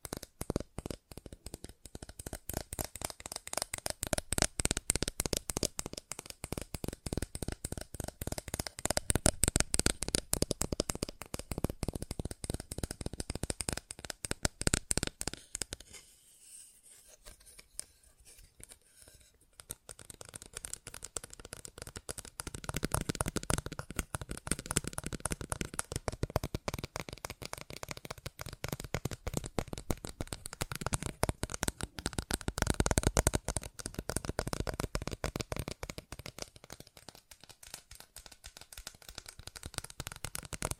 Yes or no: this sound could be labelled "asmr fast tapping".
yes